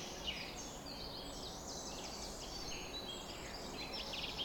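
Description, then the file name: Bird: busy chorus with faint overlapping twitters and chirps from several birds, partly blurred by a steady low hiss. Bird chorus on a summer morning at 4:40 am. "summer morning bird chorus-4 40 am in cobs"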